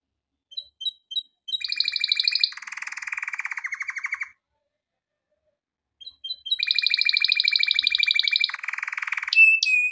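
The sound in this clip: Canary song in two bursts, each opening with a few soft chips before fast rattling trills and a lower buzzy roll, separated by a short silence.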